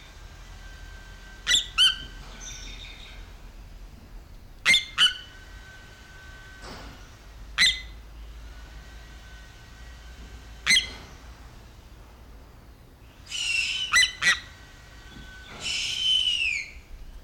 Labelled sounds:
Harpy Eagle

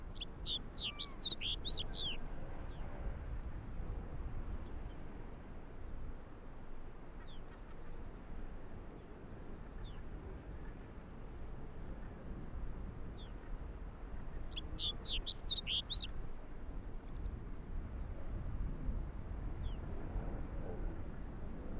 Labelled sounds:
Arctic Fox

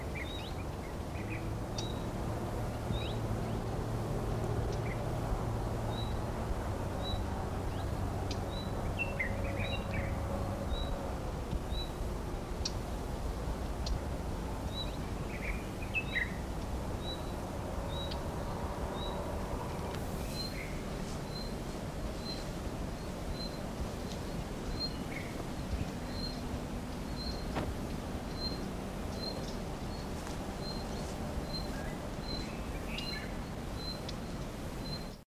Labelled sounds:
Common Redstart call

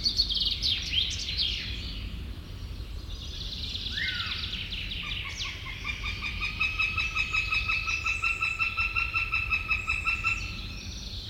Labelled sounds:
Northern Goshawk call

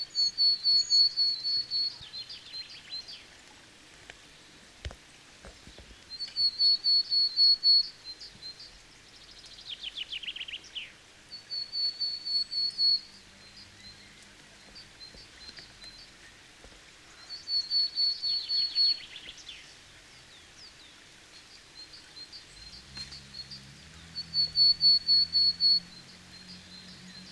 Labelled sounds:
Willow Tit song

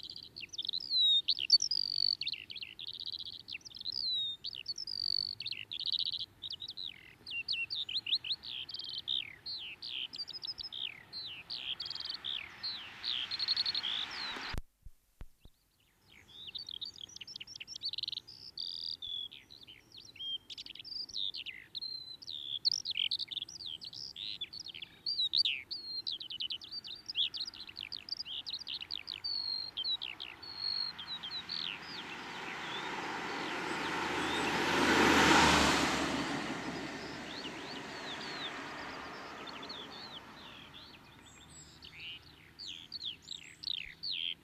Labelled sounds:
Eurasian Skylark song

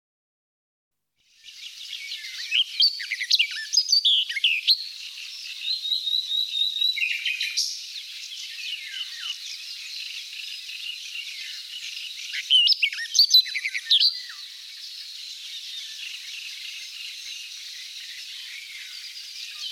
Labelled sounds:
Barred Warbler song

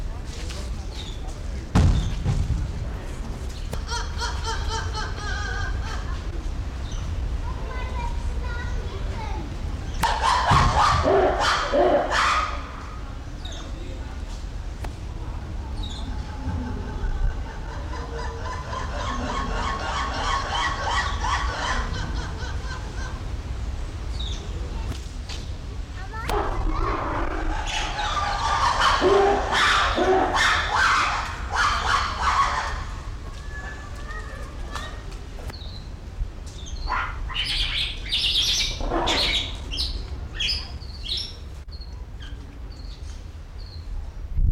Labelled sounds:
Weeper Capuchin

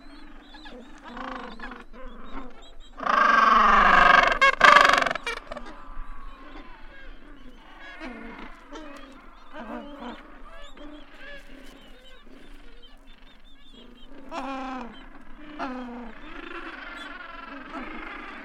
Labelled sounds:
Gentoo Penguin call

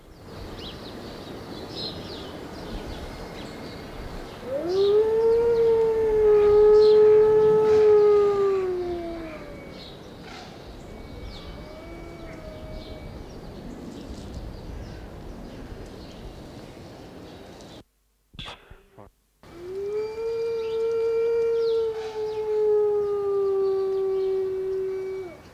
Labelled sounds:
Gray Wolf howling

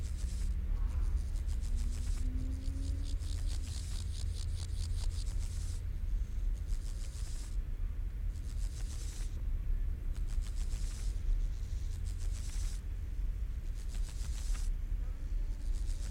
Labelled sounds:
Steppe Grasshopper stridulation

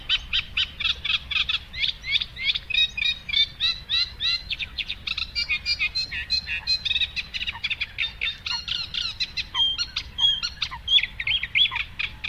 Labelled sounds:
Eurasian Reed Warbler song

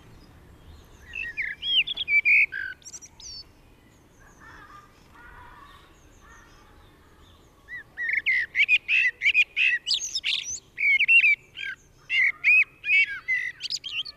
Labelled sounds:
Common Blackbird song

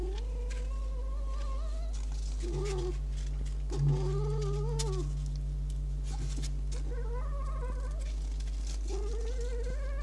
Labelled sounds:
Red Fox

